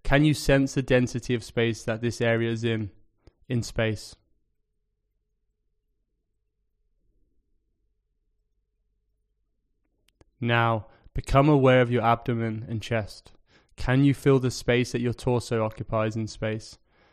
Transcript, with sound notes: Can you sense the density of space that this area is in... in space? [Pause 5 seconds] Now, become aware of your abdomen and chest. Can you feel the space that your torso occupies in space?